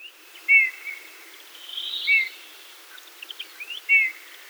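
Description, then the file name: Eurasian bullfinch uttering three mellow, downslurred whistles about every one and a half seconds, with faint chirps between them. "Pyrrhula pyrrhula"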